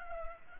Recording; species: mosquito wingbeat signal from an infrared sensor; Culex pipiens